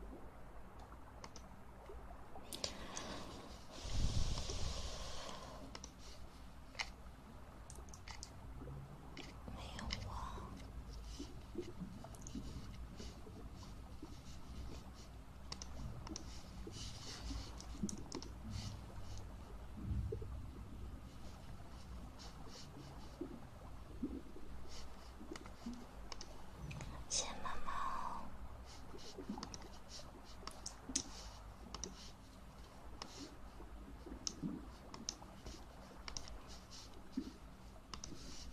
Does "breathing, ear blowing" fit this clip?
yes